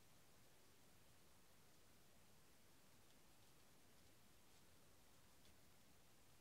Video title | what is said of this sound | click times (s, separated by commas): Tutoriel faire une déserte pour 4,25€ | hop et hop je me suis trompé j'adore pas le clic j'avais | none